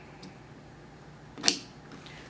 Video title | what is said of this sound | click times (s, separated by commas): 700 MHz Radio Training Series - Part 3 | it down until it clicks into place to | 1.5 s